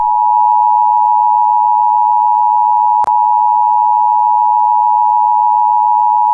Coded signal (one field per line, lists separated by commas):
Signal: Emergency Alert System (SAME) tones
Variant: 853 and 960 Hz attention tone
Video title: EAS Scenario John Doe - Roblox Part One